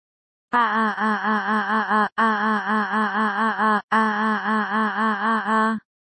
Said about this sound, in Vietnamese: Vô số tiếng kêu thảm thiết vang lên bên trong Hồng Nguyệt Thành. Theo biển lửa từ từ hạ xuống thì tiếng la hét mỗi lúc một nhiều.